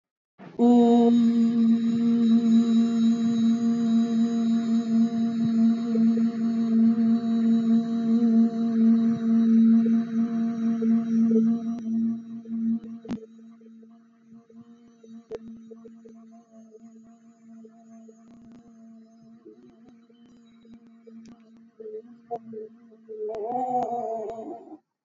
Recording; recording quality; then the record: sustained vowel as in boot; moderate, slight background noise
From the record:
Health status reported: respiratory illness, not identified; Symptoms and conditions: asthma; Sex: female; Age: 55 years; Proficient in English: yes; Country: India